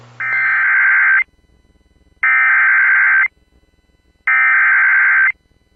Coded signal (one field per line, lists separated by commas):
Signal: Emergency Alert System (SAME) tones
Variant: header bursts